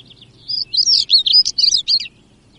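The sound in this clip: European stonechat delivering a short, squeaky warbled phrase of rapid high notes, scratchy and jumbled, over faint low background hum.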